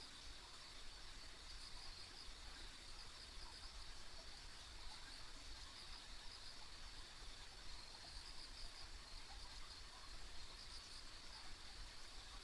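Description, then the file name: Insect chorus as an unbroken high trill with small pulsing flecks, set against steady rushing noise and low rumble throughout. Ambient insect sounds on a rural country road. "田舎道の虫の環境音"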